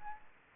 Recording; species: mosquito wingbeat signal from an infrared sensor; Aedes aegypti